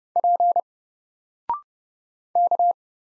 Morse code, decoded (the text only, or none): P K